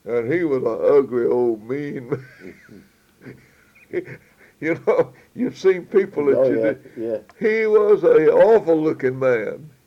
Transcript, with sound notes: And he was an ugly, old, mean man. (laughs) You know you’ve seen people that you…
Yeah. Yeah.
He was an awful looking man.